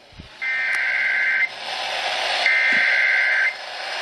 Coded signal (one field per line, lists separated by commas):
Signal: Emergency Alert System (SAME) tones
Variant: header bursts